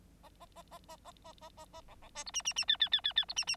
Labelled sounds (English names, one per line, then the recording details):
Bengalese Finch song
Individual Bird9